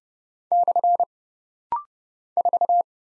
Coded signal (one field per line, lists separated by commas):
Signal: Morse code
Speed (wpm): 30 wpm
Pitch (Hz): 700 Hz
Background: none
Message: / 4